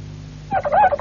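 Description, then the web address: Harz Roller canary producing a low rolling tour of wavering, looping notes after a brief quiet start. "~joaopt canarios cantoharz"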